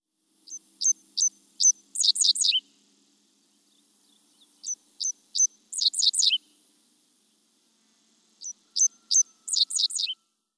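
Dickcissel song, repeated three times: a few sharp, separate high chips followed by a quick buzzy stuttering cluster, each song about two seconds, with pauses between.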